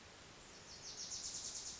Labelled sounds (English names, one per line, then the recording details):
Wilson's Warbler
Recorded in Sonoma County, California